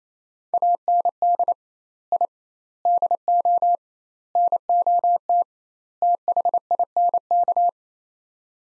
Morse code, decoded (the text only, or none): AND I DO NOT THINK